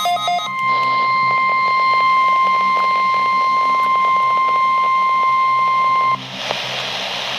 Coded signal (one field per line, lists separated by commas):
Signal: Emergency Alert System (SAME) tones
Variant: 1050 Hz attention tone